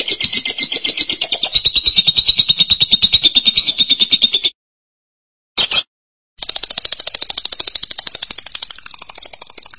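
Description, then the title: Lovebird rattling trill: a steady fast buzz for over four seconds, a brief squeak, then another long rapid chatter after a pause. "BM Suara Burung Lovebird"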